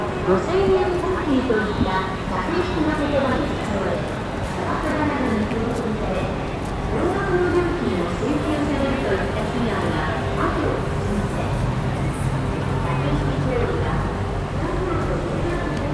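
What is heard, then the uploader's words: A steady crowd of overlapping voices fills a Shinjuku street in Kabuki-cho, with a dog barking now and then above the chatter. Field-recorded at Kabuki-cho and Golden-Gai street in Shinjuku, Tokyo.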